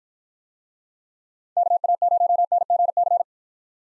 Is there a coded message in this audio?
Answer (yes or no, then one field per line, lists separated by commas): yes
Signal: Morse code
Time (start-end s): 1.6-3.2 s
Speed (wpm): 53 wpm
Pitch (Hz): 700 Hz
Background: none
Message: KA0NGC